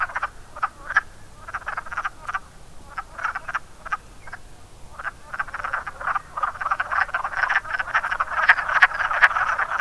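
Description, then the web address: Wood frog calls: scattered hoarse clucks at first, growing into a denser, louder overlapping chorus during the second half. "zoology woodfrog"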